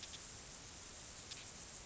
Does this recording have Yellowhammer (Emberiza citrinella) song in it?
no